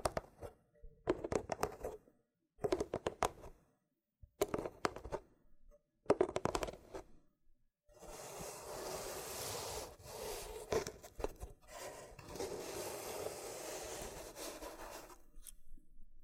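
Loofah triggers: short bursts of scratchy rubbing and peeling come in separate strokes about every two seconds for the first eight seconds, with silent gaps between. After that the scraping turns nearly continuous and brighter, with small pops and clicks scattered through it until the end.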